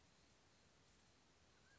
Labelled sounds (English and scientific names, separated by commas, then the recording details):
Mountain Quail (Oreortyx pictus)
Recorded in Sonoma County, California